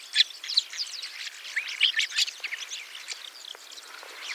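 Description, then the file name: Rosy starling song, bursts of harsh rattling chatter and sharp squeaky notes, busiest in the first half, then thinning to scattered clicks. "jalak mawar"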